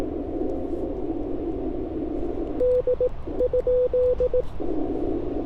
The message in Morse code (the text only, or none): D?